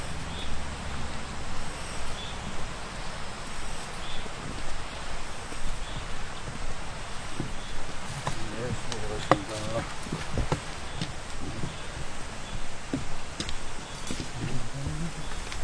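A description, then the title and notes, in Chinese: An outdoor stroll with insects chirping: a soft, high chirp repeats about once a second over a dense, steady hiss. Scattered clicks and brief bird-like calls cluster around the middle, and a low rumble and faint voices sit in the background. 虫鸣 鸟叫 散步。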